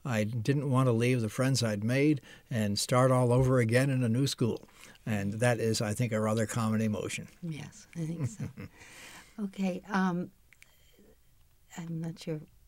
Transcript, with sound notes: I didn't want to leave the friends I had made and start all over again in a new school. And that is, I think, a rather common emotion.
Yes, it is. [chuckles] Okay. I'm not sure